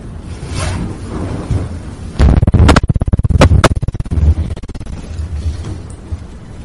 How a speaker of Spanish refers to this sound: Bueno, pues ahí estaba esa explosión.